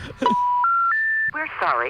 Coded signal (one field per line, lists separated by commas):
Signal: telephone call progress tone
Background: speech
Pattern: special information tone